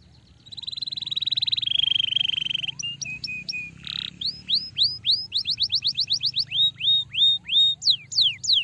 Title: Canto Para Esquentar Canário Belga. Masteran Burung kicau - Kenari starblue Suara asli